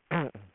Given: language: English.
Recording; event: throat vibration sensor signal played as sound; throat clearing